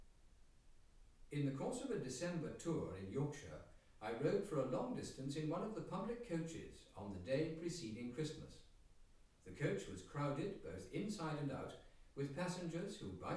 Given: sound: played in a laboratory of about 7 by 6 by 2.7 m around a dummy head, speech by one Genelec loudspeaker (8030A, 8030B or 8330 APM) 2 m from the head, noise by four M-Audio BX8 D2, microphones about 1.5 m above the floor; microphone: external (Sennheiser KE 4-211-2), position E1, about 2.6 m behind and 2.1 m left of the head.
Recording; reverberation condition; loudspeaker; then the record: male speech in English; medium; 30 degrees to the right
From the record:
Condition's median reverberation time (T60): about 510 ms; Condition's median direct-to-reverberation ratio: about -0.5 dB